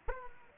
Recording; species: mosquito wingbeat signal from an infrared sensor; Aedes aegypti